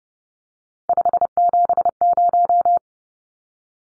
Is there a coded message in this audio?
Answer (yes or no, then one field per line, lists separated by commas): yes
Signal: Morse code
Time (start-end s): 0.9-2.8 s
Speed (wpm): 30 wpm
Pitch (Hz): 700 Hz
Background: none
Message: 570